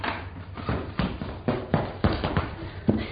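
Quick, hurried footsteps rush toward a princess's chamber amid commotion and approaching voices, before the door is opened; they thump in a steady rhythm, about two strides per second, each step a sharp, fairly loud impact over a low murmur of background noise.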